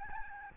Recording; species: mosquito wingbeat signal from an infrared sensor; Aedes albopictus